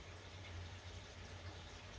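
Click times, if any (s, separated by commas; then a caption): none. A second silicone check valve is fed into its hole in the manifold of a Danner AP20 pond air pump and positioned, ready to be pulled through. Only a steady low hum and broadband hiss are heard, with no distinct transients. Nothing has snapped or seated yet.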